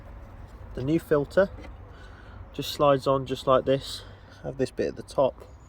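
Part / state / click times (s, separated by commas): oil filter element into filter housing cap / not seated / none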